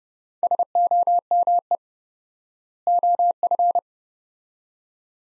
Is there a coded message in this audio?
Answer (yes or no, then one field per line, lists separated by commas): yes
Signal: Morse code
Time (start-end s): 0.4-3.8 s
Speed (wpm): 30 wpm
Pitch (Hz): 700 Hz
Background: none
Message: SOME OF